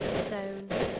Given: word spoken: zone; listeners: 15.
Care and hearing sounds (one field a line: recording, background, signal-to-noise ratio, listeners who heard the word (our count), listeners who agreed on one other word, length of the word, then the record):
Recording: one English word in noise, from a listening test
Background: noise modulated by three-talker babble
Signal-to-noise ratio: -3.1 dB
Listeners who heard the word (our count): 2 of 15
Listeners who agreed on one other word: 6 of 15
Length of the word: 0.60 s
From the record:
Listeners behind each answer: 6, 3, 2, 2, 1, 1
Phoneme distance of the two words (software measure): 10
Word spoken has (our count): 1 syllable, 3 phonemes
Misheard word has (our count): 1 syllable, 3 phonemes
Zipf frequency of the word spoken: 4.58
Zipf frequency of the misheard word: 5.19